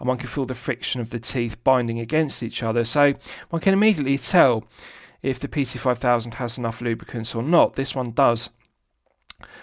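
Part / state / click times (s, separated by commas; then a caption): stainless steel crown into watch case crown tube / seated / 9.3 s. Someone talks for most of the clip, then after a brief silence the stainless steel winding crown of a mechanical wristwatch is pushed back from the hand-setting position into the case's crown tube. It seats with a sharp, positive click at 9.3 s, restarting the movement.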